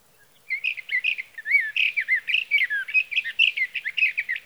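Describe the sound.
Sage thrasher delivering a long, unbroken warble of tangled whistled notes and slurs, continuous and musical throughout, with a quiet background.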